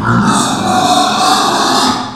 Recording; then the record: squeal of a Yucatan mini pig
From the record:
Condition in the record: after surgery on the right vocal fold (resection and tissue-engineered implant); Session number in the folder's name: 13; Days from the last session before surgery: 113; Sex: female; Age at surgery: 19 weeks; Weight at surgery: 25 kg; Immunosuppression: prednisolone